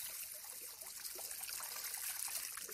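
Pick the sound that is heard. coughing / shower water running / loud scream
shower water running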